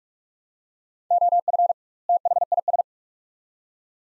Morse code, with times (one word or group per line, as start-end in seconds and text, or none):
1.1-1.7 OF
2.1-2.8 THIS